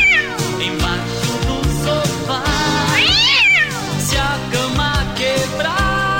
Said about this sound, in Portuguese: Oh, olha o gato, olha o gato. Em cima do telhado.